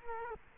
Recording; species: mosquito wingbeat signal from an infrared sensor; Culex quinquefasciatus